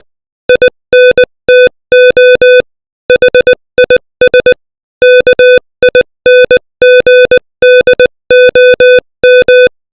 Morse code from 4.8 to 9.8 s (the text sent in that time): KINGDOM